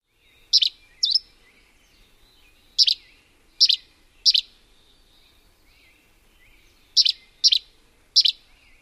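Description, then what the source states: Gray Flycatcher song: several short sharp notes, some in pairs about half a second apart, with longer pauses between groups. Two-part song, part A a chirrup and part B a tweep, the parts often mixed in order, AB then AA.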